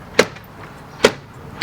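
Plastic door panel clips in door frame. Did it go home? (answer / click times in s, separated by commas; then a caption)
released / 0.2 s, 1.0 s, 1.6 s. A door panel is pulled away from the door frame, and its remaining plastic clips release from the frame with sharp pops at 0.2, 1.1 and 1.6 seconds. The clips have all popped out and the door panel is completely off.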